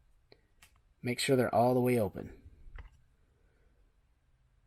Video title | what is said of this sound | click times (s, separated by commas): Ct-50 overview | push it vertically down on it just like so listen for a click | 0.3 s, 0.6 s